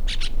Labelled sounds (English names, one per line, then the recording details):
Brown-throated Parakeet contact call
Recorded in La Tortuga
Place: Isla La Tortuga
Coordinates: 10.925, -65.258